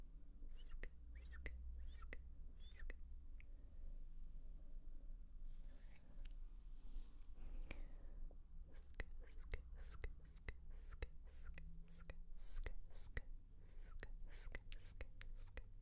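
Mouth sounds, quick clicks, tongue taps and soft hissing shh bursts, scattered irregularly and thickening after eight seconds, over a low steady rumble.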